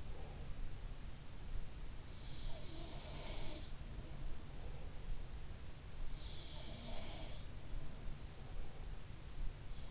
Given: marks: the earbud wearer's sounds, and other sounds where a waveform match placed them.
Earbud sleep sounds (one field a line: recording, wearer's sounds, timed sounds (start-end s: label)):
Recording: sounds in sleep by an in-ear microphone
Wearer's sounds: breath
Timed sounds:
0.00-0.67 s: breath
2.43-4.28 s: sound from someone else or the room
6.13-7.47 s: sound from someone else or the room